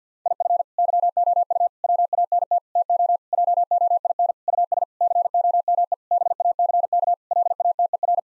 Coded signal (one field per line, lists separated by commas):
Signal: Morse code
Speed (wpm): 50 wpm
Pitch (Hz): 700 Hz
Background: none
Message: IF YOU WANT TO JOIN US COME BACK LATER